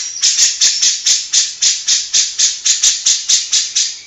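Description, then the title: Grey-cheeked bulbul repeating a coarse, rasping note steadily about four times a second throughout, each note strong and evenly spaced. Long-duration masteran tutor recording for training captive birds. "Cucak Jenggot Masteran"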